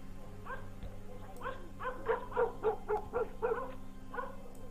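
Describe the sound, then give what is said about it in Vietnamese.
A neighbour's dog barks persistently in the distance, a run of roughly a dozen short, yappy barks in quick uneven succession over a low, steady background hum. “Thị Tất cố lắng tai nghe, chỉ thấy tiếng chó nhà hàng xóm vẫn cứ sủa văng vẳng, dai dẳng, nhấm nha nhấm nhẳng đến khó chịu.”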